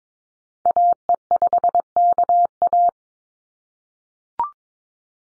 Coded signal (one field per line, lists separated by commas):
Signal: Morse code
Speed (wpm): 22 wpm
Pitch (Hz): 700 Hz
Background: none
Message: AE5KA